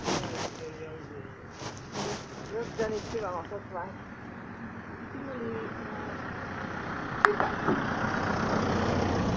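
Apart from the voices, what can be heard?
car driving past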